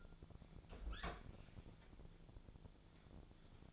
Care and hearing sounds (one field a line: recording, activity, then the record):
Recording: daily activity, microphone in the room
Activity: open fridge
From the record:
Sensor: 5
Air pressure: 1000.2 hPa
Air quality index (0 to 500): 102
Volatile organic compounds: 1 ppm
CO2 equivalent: 825 ppm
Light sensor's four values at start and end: 240/569/244/268 and 241/570/245/270